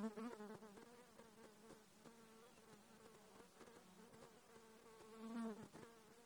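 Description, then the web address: Insect buzz, a soft wavering drone that comes and goes, loudest at the start and near the end, with scattered light ticks. Katmai, Alaska, 14 July 2017, 11:47. "alaska INSECTS 20170714 114719"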